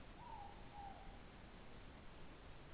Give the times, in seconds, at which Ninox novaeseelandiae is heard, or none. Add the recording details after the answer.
0.01-1.18. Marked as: faintness 2/5. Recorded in New Zealand. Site Taranaki